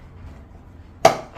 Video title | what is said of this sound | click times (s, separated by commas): DITL Vlog: Chat about Finances - Laundry Motivation -Grocery Haul - embracesinghlife 🌸💚 706 | then it pops out you hear the pop | 1.0 s